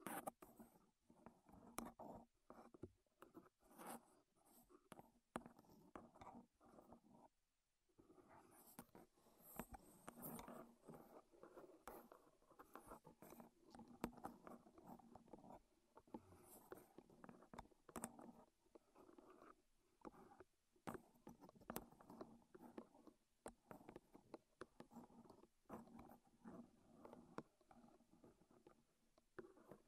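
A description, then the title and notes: Wooden objects are tapped, scraped and rubbed in a dense, uneven stream of small knocks and scratches across the whole thirty seconds. Most sounds sit in a warm middle range with sharp bright clicks throughout, and a brief silence falls around the eighth second. ASMR Wood Triggers in Your Ears (No Talking).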